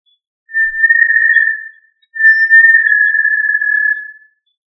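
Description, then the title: Tinamou producing two sustained pure whistles in close succession, the second stretching just over two seconds and sagging slightly in pitch before fading. "Familia Tinamidae - Quail - Puyuh"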